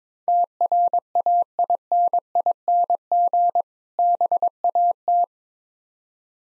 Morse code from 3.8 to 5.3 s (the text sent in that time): BAT